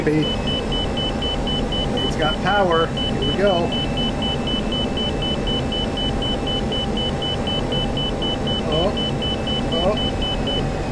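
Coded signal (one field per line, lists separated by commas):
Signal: none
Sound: flight sim cockpit warning beeps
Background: speech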